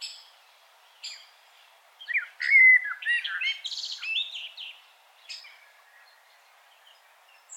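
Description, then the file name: Common blackbird song, a few high chips, then one warbled phrase of fluted whistles turning into a squeaky twitter, with more chips after. "Turdus merula"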